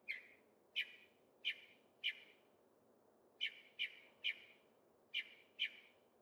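Northern mockingbird giving sharp, descending chip-like notes in small spaced groups, over a steady low background hiss.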